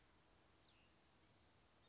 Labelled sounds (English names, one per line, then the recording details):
Chestnut-backed Chickadee
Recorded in Sonoma County, California